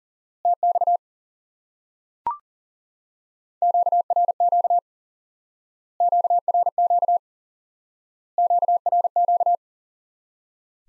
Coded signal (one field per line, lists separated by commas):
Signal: Morse code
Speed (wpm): 40 wpm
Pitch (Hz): 700 Hz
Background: none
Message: TX QRQ QRQ QRQ